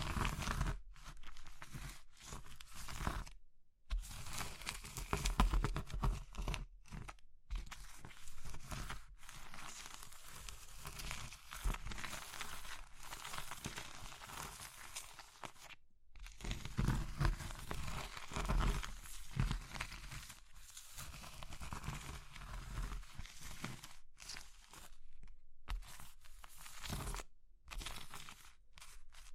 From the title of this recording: Crushing Triggers Soap, Chalk, Meringue, Pastel